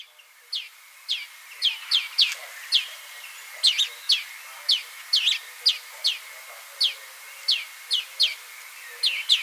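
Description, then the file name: European greenfinch calling: brisk clipped chirps, some in quick pairs, repeated irregularly throughout with a constant thin tone in the background. "Chloris chloris"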